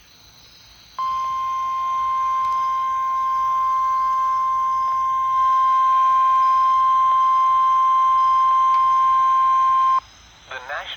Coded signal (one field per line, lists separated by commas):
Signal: Emergency Alert System (SAME) tones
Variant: 1050 Hz attention tone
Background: speech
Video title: WWG49 Tornado Warning. 8/19/26 EAS #721